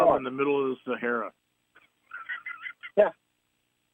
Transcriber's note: laughs